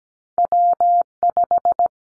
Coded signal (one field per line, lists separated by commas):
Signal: Morse code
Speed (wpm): 17 wpm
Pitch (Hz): 700 Hz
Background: none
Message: W5